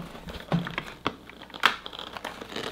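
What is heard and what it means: The cleaned, dried filter of a VAKYOU cordless stick vacuum is handled as it is being refitted into its plastic dust bin housing. Crinkling handling noise is broken by sharp knocks around 0.5, 1.1 and, loudest, 1.7 seconds. The filter has not yet seated or clicked into place by the end.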